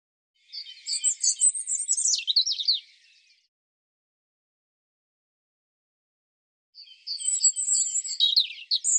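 European robin song: two bursts of high, thin, tumbling warbled phrases with quick twittering notes, separated by about three seconds of silence.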